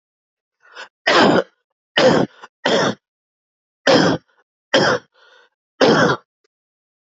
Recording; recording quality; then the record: heavy voluntary cough; excellent, no background noise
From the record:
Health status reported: exposed to COVID-19, no respiratory illness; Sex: male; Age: 50 years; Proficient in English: yes